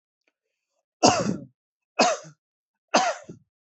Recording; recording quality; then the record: heavy voluntary cough; excellent, no background noise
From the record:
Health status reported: healthy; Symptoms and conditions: none ticked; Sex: male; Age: 26 years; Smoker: not ticked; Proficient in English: yes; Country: India